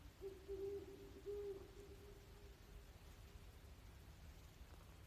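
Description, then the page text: Great horned owl hoots: a few low, soft hoots in the first second and a half, then steady background hiss. Maryland, United States. "Maryland Biodiversity. Great Horned Owl ( Bubo virginianus )"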